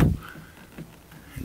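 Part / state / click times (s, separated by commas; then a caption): generator cord plug into meter-mounted transfer switch inlet / not seated / none. A generator cord plug is lined up by its notch with the inlet of a Generlink meter-mounted transfer switch before being pushed home. A sharp low thump at the start is followed by faint knocks and scrapes of handling near 0.8 s and 1.1 s, with another low bump near 1.4 s. The plug has not seated or clicked yet.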